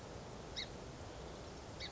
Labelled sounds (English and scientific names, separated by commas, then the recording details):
Song Sparrow (Melospiza melodia)
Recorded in Sonoma County, California